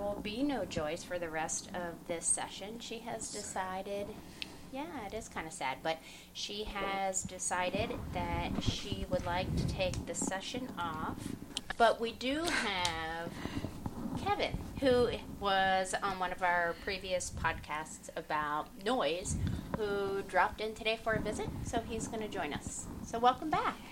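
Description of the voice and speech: An adult woman speaks fluently in a clear, even voice, with a few ordinary hesitations and drawn-out sounds; typical adult speech.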